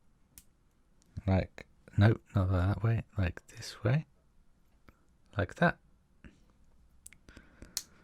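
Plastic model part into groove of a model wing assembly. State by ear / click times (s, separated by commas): seated / 7.8 s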